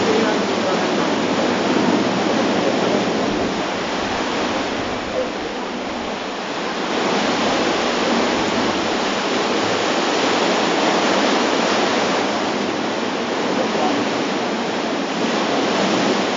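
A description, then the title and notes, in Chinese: Sound of the sea tide: a dense, steady wash of surf that fills the whole clip with a hissing roar from low mids up to bright highs. The level swells gently, dipping slightly around six seconds and rising again, with no distinct individual events. 海潮音。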